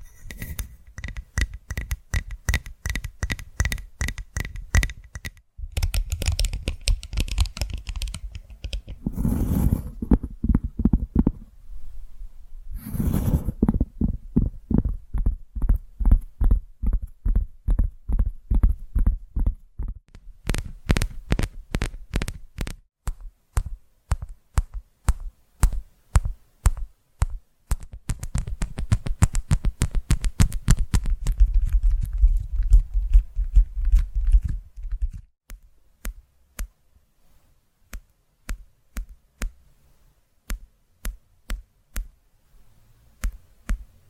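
Tapping triggers run through the whole clip as dense, quick, regular taps, each a sharp click. Softer, fuller rushing swells come and go near 6, 9, 13 and 28–34 seconds, and the taps thin out and slow after 35 seconds.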